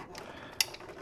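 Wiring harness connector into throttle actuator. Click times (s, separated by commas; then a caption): 0.6 s. A wiring harness plug is pushed onto the plastic connector of a throttle actuator on an E9X M3, with faint handling ticks around 0.2 s and 0.8 s. It snaps home with one sharp, bright click at 0.6 s, and the connector is seated.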